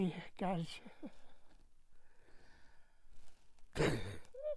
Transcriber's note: coughs